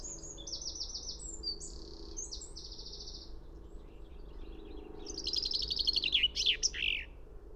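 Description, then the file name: Common chaffinch song: faint high trilled phrases, then a louder burst of notes ending in a flourish, over steady background noise. "Fringilla coelebs"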